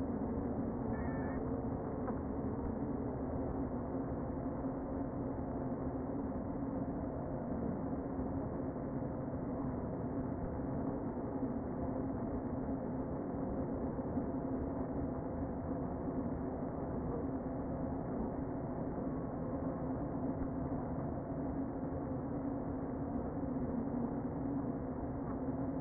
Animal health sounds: honeybee colony, microphone inside the hive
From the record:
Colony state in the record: queen present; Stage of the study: before two queens were removed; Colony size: about 60,000 bees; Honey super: yes

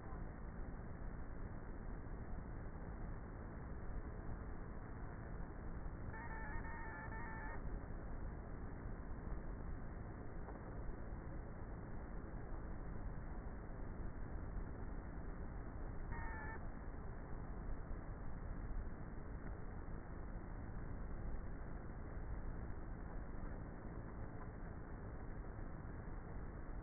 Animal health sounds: honeybee colony, microphone inside the hive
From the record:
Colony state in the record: queenless with a low population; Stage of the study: before two queens were removed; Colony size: about 30,000 bees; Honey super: no

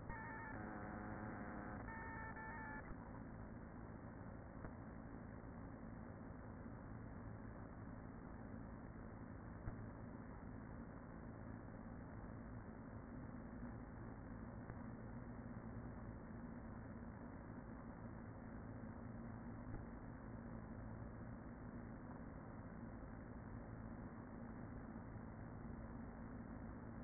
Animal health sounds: honeybee colony, microphone inside the hive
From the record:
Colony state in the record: queen present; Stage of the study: after two queens were removed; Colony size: about 40,000 bees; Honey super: no

